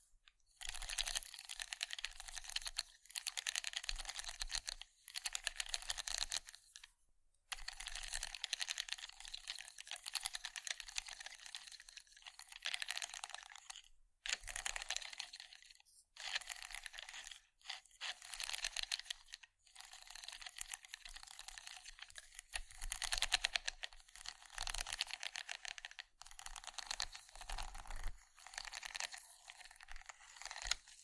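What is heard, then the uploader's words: Wooden ASMR triggers: dense bursts of dry, bright clicking and rapid tapping, like keys or fingernails on wood, run in stretches of a few seconds. Brief silent gaps break them up about every few seconds, and a light scratchy crinkling shows here and there. ASMR Wooden Triggers 1hour（No Talking）.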